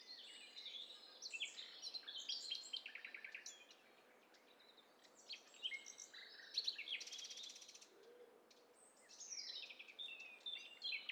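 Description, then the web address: Several birds calling at once, overlapping high chirps, trills and twittering phrases in bursts, with a quieter gap around four seconds and a soft hum of background noise. Several birds calling at once; stereo recording. "Hi Fi STEREO BIRD COCKTAIL PARTY Challenge"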